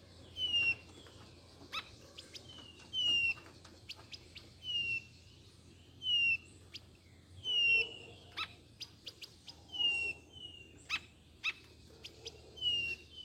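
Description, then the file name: Blue-naped chlorophonia repeating several high, sweet downslurred whistles, interspersed with sharp ticking clicks. "canto do gaturamo bandeira"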